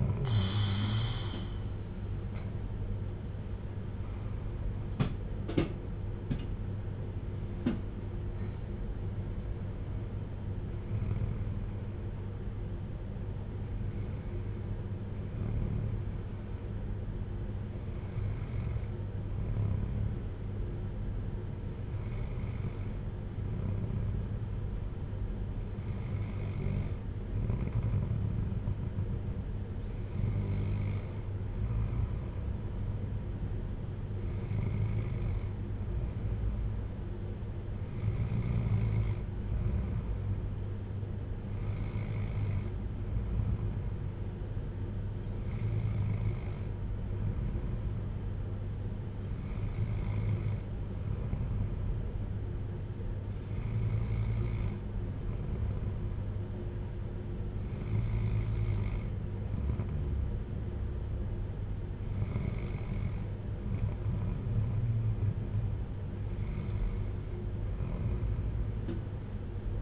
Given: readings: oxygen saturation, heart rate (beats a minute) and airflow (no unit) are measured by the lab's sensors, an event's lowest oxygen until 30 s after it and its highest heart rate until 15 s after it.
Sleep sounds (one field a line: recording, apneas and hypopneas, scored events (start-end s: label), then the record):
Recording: breathing in sleep by a smartphone at the bedside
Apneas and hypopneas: none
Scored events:
6.00-36.00 s: new sleep stage, N1 (lightest sleep)
36.00-69.81 s: new sleep stage, N2 (light sleep)
From the record:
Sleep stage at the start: N2 (light sleep)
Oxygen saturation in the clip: 94 to 95%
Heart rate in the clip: 52 to 66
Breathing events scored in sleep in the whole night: 310 in 8.1 hours asleep